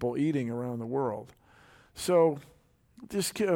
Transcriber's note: none